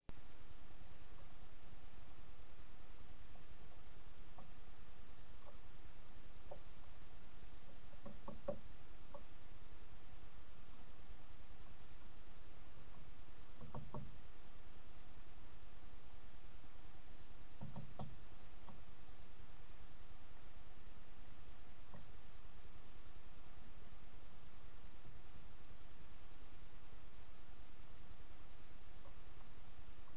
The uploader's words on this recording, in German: Kamera: BRESSER Vogel-/Kleintier-Kamera SFC-1.